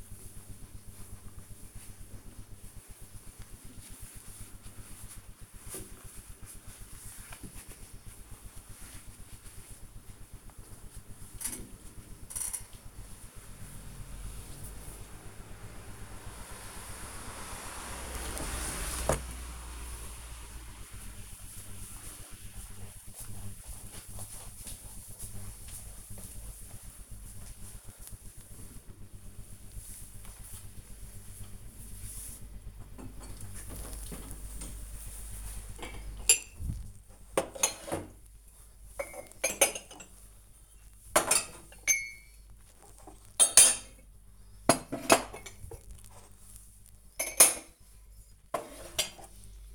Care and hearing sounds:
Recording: household activities, microphone on the right wrist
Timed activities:
0.00-17.36 s: window cleaning
32.49-49.75 s: putting away the dishes

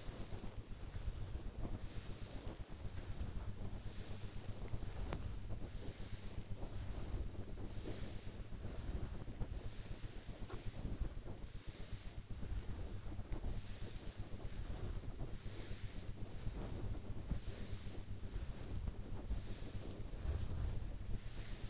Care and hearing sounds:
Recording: household activities, microphone on the right wrist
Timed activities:
0.00-21.70 s: petting the dog

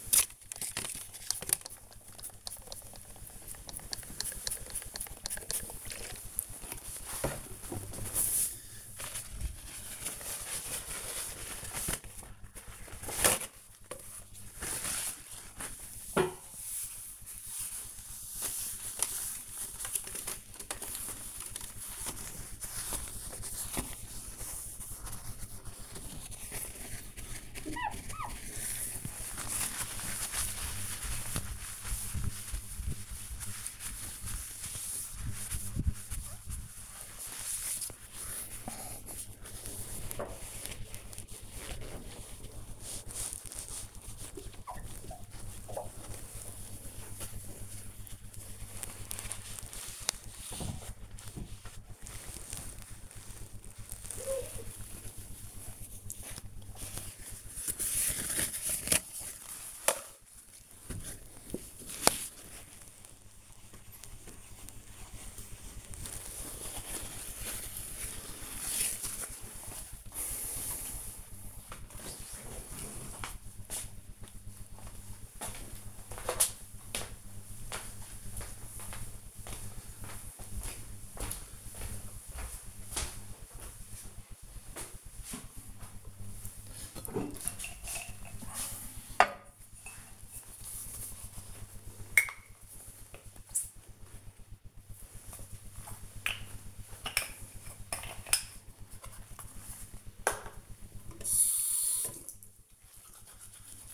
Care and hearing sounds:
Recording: household activities, microphone on the right wrist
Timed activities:
0.00-69.73 s: window cleaning
86.86-103.94 s: brushing teeth

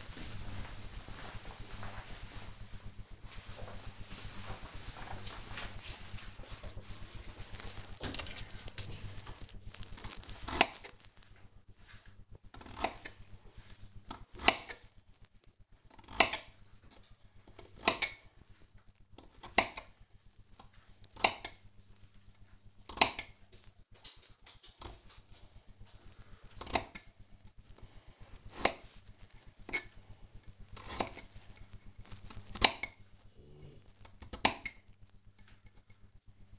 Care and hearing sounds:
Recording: household activities, microphone on the right wrist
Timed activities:
5.99-36.58 s: cutting vegetables

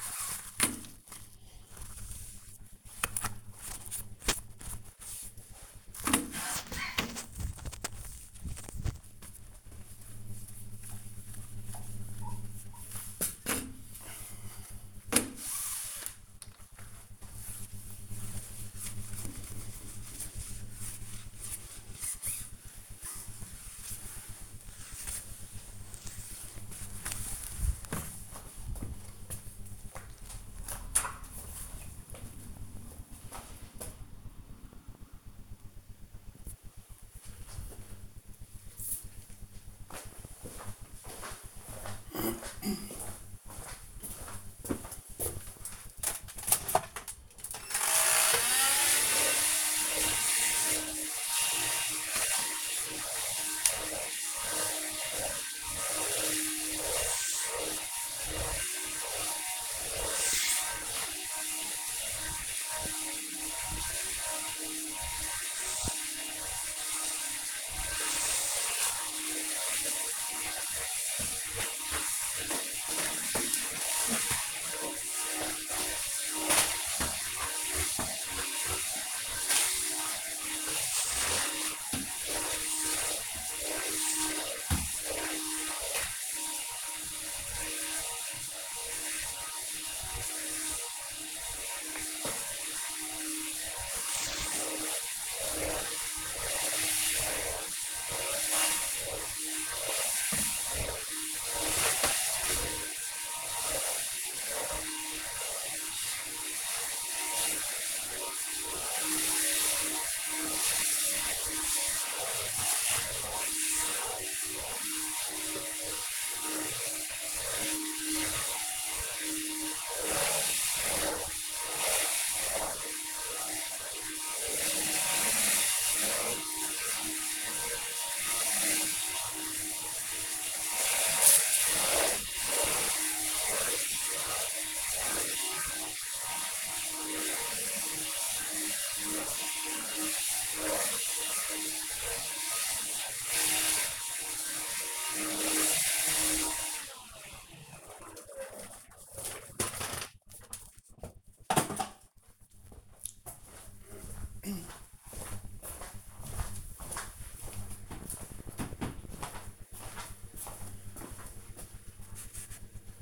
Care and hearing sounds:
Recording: household activities, microphone on the right wrist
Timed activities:
0.00-28.66 s: window cleaning
45.76-146.54 s: vacuum cleaning

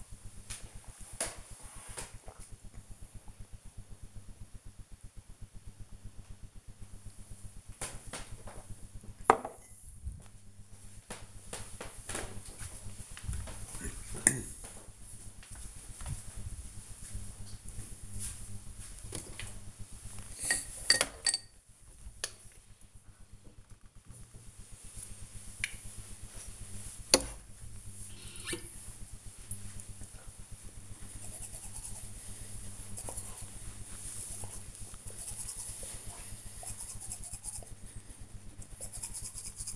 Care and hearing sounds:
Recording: household activities, microphone on the right wrist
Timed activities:
0.00-7.89 s: drinking
18.94-39.76 s: brushing teeth

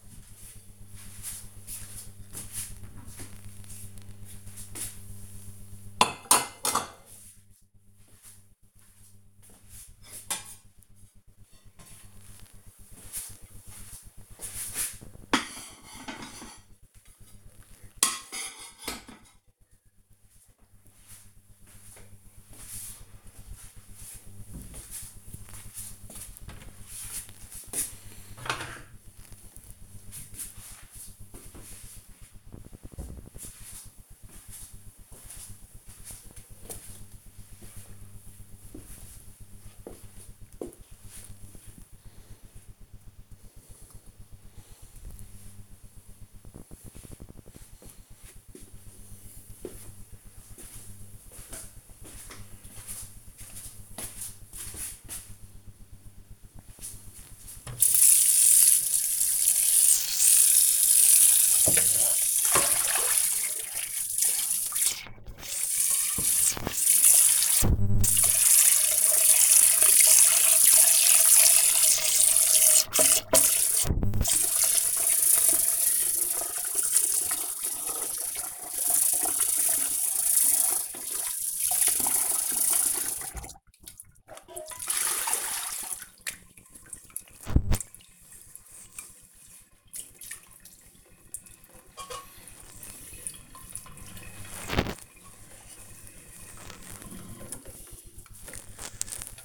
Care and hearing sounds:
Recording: household activities, microphone on the right wrist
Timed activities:
0.00-32.79 s: putting away the dishes
57.98-99.45 s: washing dishes

